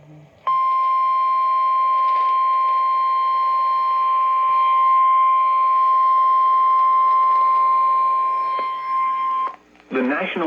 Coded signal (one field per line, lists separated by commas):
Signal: Emergency Alert System (SAME) tones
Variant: 1050 Hz attention tone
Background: speech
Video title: FRIDAY THE 13TH SHITE... EAS Alerts from 9/13/19 (EAS #3,330 - 3,350)